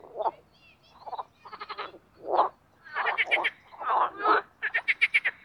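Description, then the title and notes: Marsh frogs calling with short croaks and rattling, laughing trills. Spring mating chorus in an artificial pond created for water activities at Parc Chédeville, Oise, after a cold night. "au Parc Chédeville dans l'Oise. des grenouilles rieuses"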